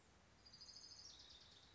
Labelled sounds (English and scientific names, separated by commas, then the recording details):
Orange-crowned Warbler (Leiothlypis celata)
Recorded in Sonoma County, California